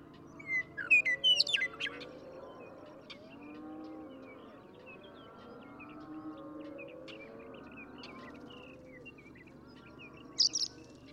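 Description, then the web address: Western meadowlark song bursts near the start and again near the end, quick liquid whistled notes, with low drawn-out droning sounds filling the long gap between. "birdsongforthecurious songs Western Meadowlark"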